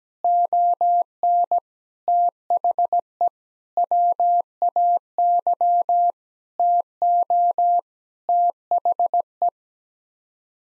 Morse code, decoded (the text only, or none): ON THE WAY TO THE